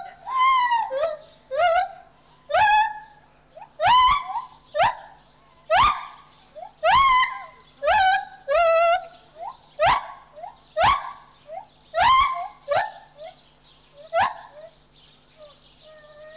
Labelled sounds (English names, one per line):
Lar Gibbon